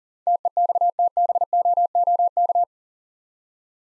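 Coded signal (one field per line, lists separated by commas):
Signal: Morse code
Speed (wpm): 40 wpm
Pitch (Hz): 700 Hz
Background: none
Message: TEXTBOOK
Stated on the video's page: Practice set of easy words with context hints at 40 wpm.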